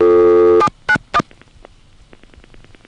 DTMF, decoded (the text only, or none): 791